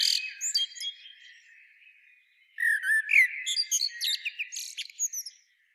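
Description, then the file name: Eurasian blackbird: a brief high warble, a lull, then a longer run of melodious whistles mixed with squeaky twittering notes. "Turdus merula"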